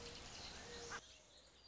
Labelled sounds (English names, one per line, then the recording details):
Mourning Dove
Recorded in Sonoma County, California